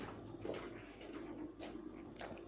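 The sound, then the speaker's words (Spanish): A tap being turned on runs with a steady, broad hiss of flowing water, broken by a few brief splashy surges roughly every half second. No voices are heard. “Eso es un grifo que se abre”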